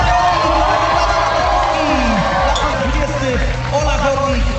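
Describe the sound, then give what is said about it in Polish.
A crowd applauds and cheers loudly and steadily, with scattered whoops and shouts rising over a dense wash of clapping and voices throughout. “Prosimy o gorące brawa!”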